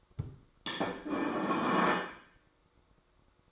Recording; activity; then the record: daily activity, microphone in the room; place plate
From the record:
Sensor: 3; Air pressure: 1004.3 hPa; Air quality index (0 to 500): 196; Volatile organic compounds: 14 ppm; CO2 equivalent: 2460 ppm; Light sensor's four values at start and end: 4/11/4/4 and 5/11/4/4